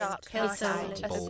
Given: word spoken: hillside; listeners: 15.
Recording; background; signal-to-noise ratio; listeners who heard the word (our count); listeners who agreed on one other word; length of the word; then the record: one English word in noise, from a listening test; four-talker babble; -2.9 dB; 2 of 15; 6 of 15; 0.90 s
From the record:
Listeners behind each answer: 6, 2, 1, 1, 1, 1, 1, 1, 1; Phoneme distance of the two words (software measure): 49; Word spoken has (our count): 2 syllables, 6 phonemes, stress on syllable 1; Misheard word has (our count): 1 syllable, 3 phonemes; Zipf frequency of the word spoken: 3.52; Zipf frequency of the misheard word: 4.94